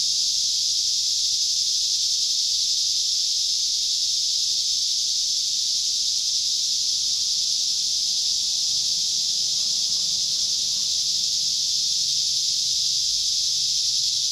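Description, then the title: Cicada chorus, a continuous shrill buzz at constant loudness, with a faint low rumble underneath. Cicadas calling at Trinity. "neoscenes: cicadas at Trinity"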